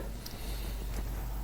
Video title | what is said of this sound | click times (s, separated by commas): Transformers Jurassic Park Mash Up | there we go once we have that snap into place come here to the other side | 0.3 s